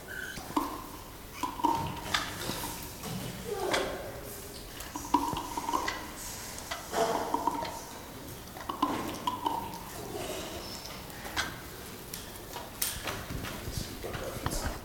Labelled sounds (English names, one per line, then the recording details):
Northern Plains Gray Langur
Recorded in captivity
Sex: male
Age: adult
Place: Zoo Dresden, Sachsen, DE
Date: 1997-02-14 15:50
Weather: heiter bis wolkig, 5 bis 7°C
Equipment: Nagra SN, Kopie Uher 4000 Report Monitor
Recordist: Tembrock, Günter